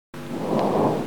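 A brief, continuous low-pitched rumbling sound with a coarse, snoring-like texture fills about one second of breathing in adult lungs heard by stethoscope. These are rhonchi, continuous adventitious lung sounds typically caused by secretions or narrowing in the larger airways.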